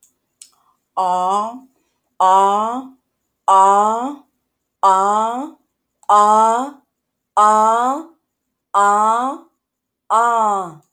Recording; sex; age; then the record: vowel held as long as possible; female; 40 to 49 years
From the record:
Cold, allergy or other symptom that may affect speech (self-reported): no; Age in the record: 40 years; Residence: Washington, United States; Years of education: 16